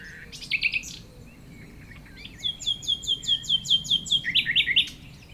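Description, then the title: Common nightingale song: a few quick notes, then a loud run of evenly spaced notes, ending in a few lower, broader notes. Nightingales singing at 195 Rue de Vars, Chindrieux, France, a rototiller in the distance; recordist a few metres from the foreground singer. "195 Rue de Vars, Chindrieux, France - Rossignols"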